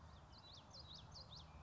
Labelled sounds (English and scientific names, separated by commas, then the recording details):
Common Yellowthroat (Geothlypis trichas)
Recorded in Sonoma County, California